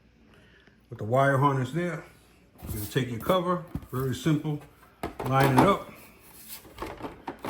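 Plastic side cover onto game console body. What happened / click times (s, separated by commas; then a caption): Cover being lined up on the console, not yet seated / none. A plastic side cover is held and lined up on a PS5 game console body while someone talks, with faint handling sounds near the end. Nothing has seated or clicked yet.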